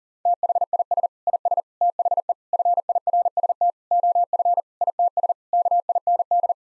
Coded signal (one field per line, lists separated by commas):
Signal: Morse code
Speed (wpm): 40 wpm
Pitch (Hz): 700 Hz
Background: none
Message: THIS IS THE FIRST OF ITS KIND